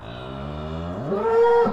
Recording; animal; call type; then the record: contact call of a hoofed animal; cattle; low-frequency (closed-mouth) or high-frequency (open-mouth) call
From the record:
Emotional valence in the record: negative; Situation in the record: full separation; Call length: 1.73 s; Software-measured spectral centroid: 1130 Hz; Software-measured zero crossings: 1280 a second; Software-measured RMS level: -22 dBFS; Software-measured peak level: -9 dBFS